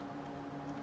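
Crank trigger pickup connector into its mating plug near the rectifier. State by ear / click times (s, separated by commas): not seated / none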